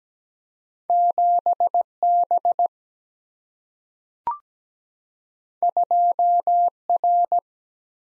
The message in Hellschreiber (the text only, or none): none